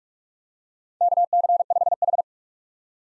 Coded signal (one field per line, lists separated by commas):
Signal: Morse code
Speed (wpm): 45 wpm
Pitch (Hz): 700 Hz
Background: none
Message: KC5H